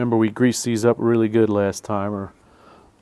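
During a 2-stroke outboard crankshaft rebuild, the greased half of a split needle bearing, the half with the hole, is being lined up in the connecting rod journal on the crankshaft. Someone talks for most of the clip, then it goes quiet near the end. Nothing has seated or clicked yet.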